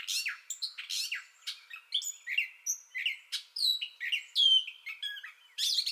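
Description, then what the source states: Gray catbird singing loud, quick phrases of squeaks, slurred whistles and scratchy notes, some rising, some falling, in an unbroken stream. Entire song bout recorded 2021-05-30.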